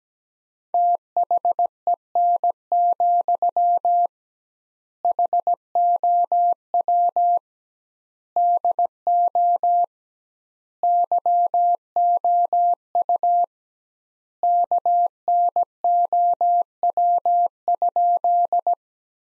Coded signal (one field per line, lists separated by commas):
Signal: Morse code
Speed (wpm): 17 wpm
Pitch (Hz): 700 Hz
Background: none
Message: THEN, HOW DO YOU KNOW?